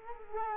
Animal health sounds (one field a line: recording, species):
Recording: mosquito wingbeat signal from an infrared sensor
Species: Culex quinquefasciatus